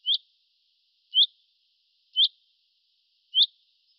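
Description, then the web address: Bird calls: four crisp, high chip notes spaced about a second apart, nothing else audible. "birddata Deverinetal 2025 Bird Fr Co"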